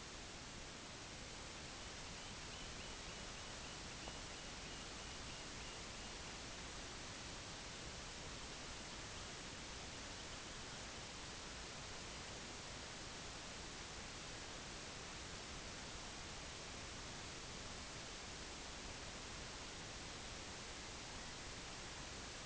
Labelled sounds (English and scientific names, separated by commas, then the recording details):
Purple Sandpiper (Calidris maritima), unidentified sound
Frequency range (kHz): Purple Sandpiper (Calidris maritima) 1.7-3.8 kHz
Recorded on Arctic tundra, site IGLO-D, on 16 June 2018
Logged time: 12:00